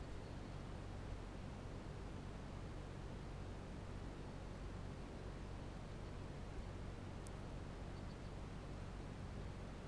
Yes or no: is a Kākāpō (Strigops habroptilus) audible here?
no